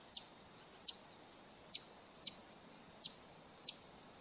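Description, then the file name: Green honeycreeper six crisp, very high downslurred chips spaced about half a second to a second apart, steady soft hiss behind. "Canto do sai verde"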